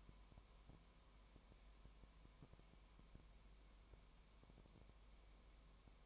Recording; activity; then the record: daily activity, microphone in the room; no activity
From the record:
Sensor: 1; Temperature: 19.1 degrees Celsius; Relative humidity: 34.0%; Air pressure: 1001.3 hPa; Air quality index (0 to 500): 82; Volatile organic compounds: 1 ppm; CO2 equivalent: 818 ppm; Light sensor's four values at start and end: 1/2/1/1 and 1/2/1/1